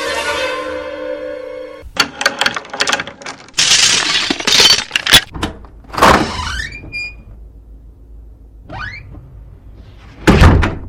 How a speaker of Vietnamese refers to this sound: Ngoài cửa có tiếng chìa khóa cho vào ổ, rồi mở cửa.